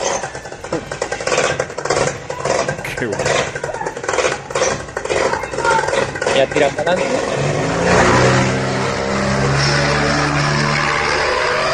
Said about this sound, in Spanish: hemos visto a gente con esquís haciendo snow, pero esos son principiantes al lado de un hombre que le ha puesto a un ventilador gigante asas, así en modo mochila, le ha dado caña y se ha ido de excursión por el pueblo. Mira.